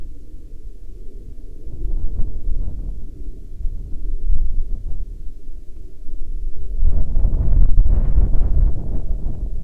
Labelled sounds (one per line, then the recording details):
wind
insects
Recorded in the Prudhoe Bay oil fields, Alaska, on 22 August 2019 at 15:27
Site 13